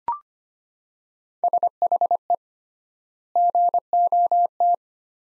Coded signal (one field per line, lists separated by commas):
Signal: Morse code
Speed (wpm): 25 wpm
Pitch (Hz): 700 Hz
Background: none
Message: SHE GOT